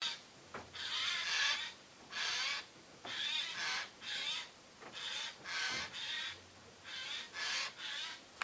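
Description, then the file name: Eurasian jay giving a series of harsh, rasping screeches: several hoarse bursts, each under a second, with short pauses between. "Garrulus glandarius"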